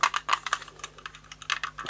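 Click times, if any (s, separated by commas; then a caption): none. The plastic top shell of a 1980 Guzzlers water-activated toy car is pressed back onto its chassis, with a series of light plastic taps and clatters across the clip and the sharpest at 0.0 s. The top goes back on, but nothing has clicked into place yet, and whether it will need gluing is uncertain.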